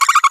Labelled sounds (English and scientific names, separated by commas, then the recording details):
Green-rumped Parrotlet (Forpus passerinus) babbling
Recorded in a nest box in Venezuela
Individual 18B25A3